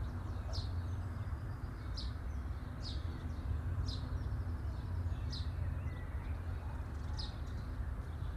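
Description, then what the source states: Bird chirps, short descending notes repeated several times, over a steady low rumble like traffic. Birds chirping at midday.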